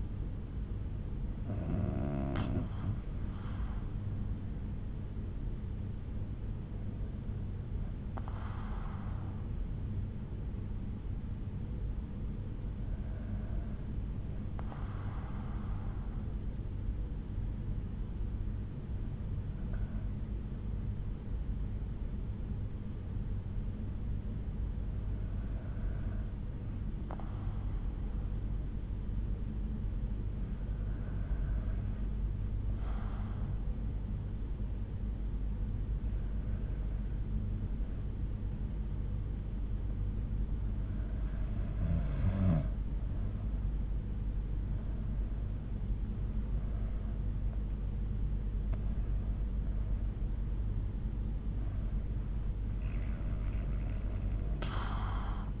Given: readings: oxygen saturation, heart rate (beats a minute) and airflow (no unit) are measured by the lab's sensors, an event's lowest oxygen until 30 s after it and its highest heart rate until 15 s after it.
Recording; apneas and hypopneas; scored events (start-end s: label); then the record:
breathing in sleep by a smartphone at the bedside; 1
12.00-41.10 s: hypopnea (N2, oxygen 96% highest, then 92% lowest, heart rate 62 at the start, 73 highest)
37.00-55.60 s: new sleep stage, N1 (lightest sleep)
From the record:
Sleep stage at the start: N2 (light sleep); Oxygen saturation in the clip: 92 to 96%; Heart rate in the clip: 61 to 73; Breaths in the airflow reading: 11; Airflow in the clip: -6.5 to 7.2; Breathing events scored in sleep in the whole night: 368 in 8.0 hours asleep